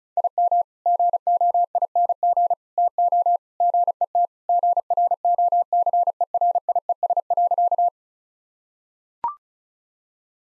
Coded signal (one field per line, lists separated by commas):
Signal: Morse code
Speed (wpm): 36 wpm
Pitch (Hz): 700 Hz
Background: none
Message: IM GOING TO GET GROCERIES.